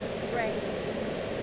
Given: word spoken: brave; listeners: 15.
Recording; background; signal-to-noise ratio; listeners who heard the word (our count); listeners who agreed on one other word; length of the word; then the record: one English word in noise, from a listening test; speech-shaped noise; -4.7 dB; 0 of 15; 7 of 15; 1.03 s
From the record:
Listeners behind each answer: 7, 4, 1, 1, 1, 1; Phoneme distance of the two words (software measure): 17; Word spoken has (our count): 1 syllable, 4 phonemes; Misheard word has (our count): 1 syllable, 3 phonemes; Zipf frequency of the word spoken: 4.64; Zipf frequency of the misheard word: 5.08